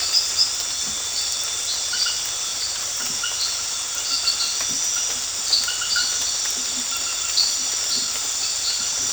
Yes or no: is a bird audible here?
no